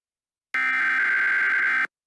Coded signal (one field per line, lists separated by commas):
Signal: Emergency Alert System (SAME) tones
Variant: header bursts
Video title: EAS Scenario - Before The Dawn